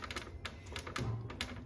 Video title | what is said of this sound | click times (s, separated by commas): Primo Water Dispenser - Cold Water Failing To Dispense - Freezing Reservoir Fix | lift boom until it snaps off and you see nothing broke | 1.4 s